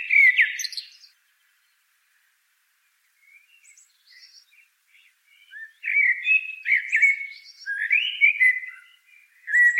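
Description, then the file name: Common blackbird song: a fluty opening phrase, quiet scratchy twitters after a pause, then a longer stream of mellow whistled notes laced with high chirps. "Turdus merula"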